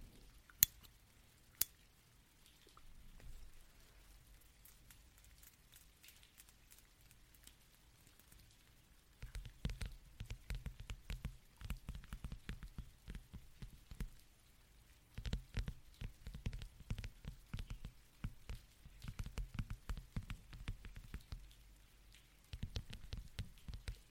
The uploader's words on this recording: ASMR Energy rain (+ pluie).